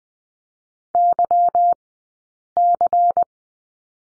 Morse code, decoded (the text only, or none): YC